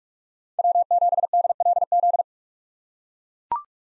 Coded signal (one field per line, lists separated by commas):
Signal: Morse code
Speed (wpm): 43 wpm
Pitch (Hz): 700 Hz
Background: none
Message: W7DLZ